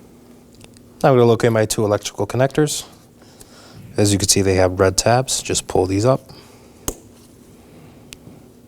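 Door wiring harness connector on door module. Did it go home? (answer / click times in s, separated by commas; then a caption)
released / 6.9 s. On a 2018–2024 Chevrolet Equinox front door, the red locking tabs on the two door wiring harness connectors at the door module are pulled up to release them. Someone talks, then a sharp click at 6.8 s marks a connector lock tab snapping open, and the connector is released.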